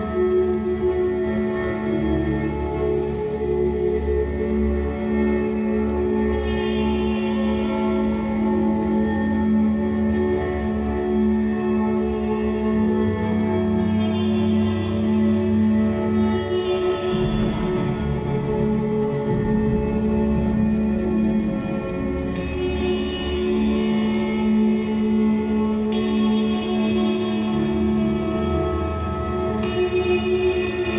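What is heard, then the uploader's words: Sustained, layered guitar tones drone steadily over a dense, even patter of rain, with soft swells changing the chord every few seconds. 432Hz tuned ambient guitar soundscapes with rain in thunder.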